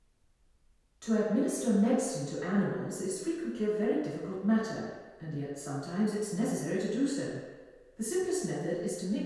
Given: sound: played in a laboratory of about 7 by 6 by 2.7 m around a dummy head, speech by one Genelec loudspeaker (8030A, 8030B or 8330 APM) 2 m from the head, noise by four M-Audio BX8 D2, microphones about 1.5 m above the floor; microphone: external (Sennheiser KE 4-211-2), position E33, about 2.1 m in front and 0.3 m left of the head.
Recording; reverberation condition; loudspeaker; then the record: female speech in English; high; 120 degrees to the right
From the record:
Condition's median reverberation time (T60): about 1300 ms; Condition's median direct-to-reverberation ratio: about -4.0 dB